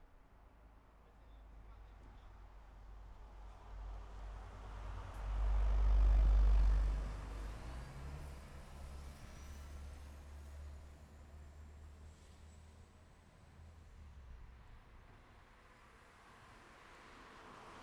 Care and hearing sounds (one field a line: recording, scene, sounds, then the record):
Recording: everyday scene through a hearing-aid microphone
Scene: in traffic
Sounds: traffic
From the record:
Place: city secondary road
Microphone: behind the ear, left, rear